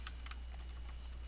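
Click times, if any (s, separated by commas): none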